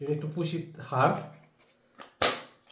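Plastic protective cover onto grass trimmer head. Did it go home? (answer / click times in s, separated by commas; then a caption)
yes / 2.2 s. Someone talks, then a plastic protective cover is pushed hard onto the motor head of an Einhell GC-CT 18/24 Li Solo cordless grass trimmer. A soft tap at 2.0 s is followed by a sharp, loud click at 2.2 s as the guard seats in place.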